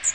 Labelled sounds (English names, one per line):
Magnolia Warbler flight call